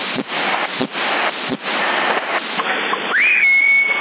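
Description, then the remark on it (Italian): Steady CB radio static hisses with a few brief dropouts, then a single whistle slides upward and holds one high, steady pitch over the crackling channel until the end. Sassari, May 2019. “Chi è che fischia?”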